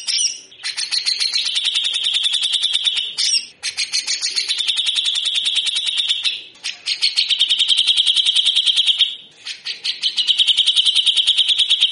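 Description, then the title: Grey-cheeked bulbul delivering long, steady buzzy rattles, four sustained bursts separated by brief pauses, harsh and rapidly pulsed throughout. Tutor recording (masteran) used for training birds; bird singing actively (gacor) in the coarse rattling besetan kasar song style, long duration. "MASTERAN CUCAK JENGGOT GACOR FULL BESETAN KASAR DURASI PANJANG"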